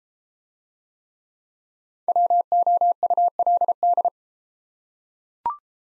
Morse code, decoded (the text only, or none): WOULD